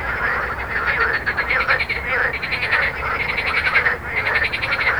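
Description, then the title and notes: Frogs in chorus, rapid pulsed croaking trills overlapping continuously, with a steady low hum of traffic underneath. Frogs recorded with road noise at Jardins de la Ligne, Montaudran, Toulouse, France, using a Zoom H4n recorder. "Jardins de la Ligne, 1 Rue Jacqueline Auriol, 31400 Toulouse, France - Frog Montaudran. Frog and road captation zoom h4n"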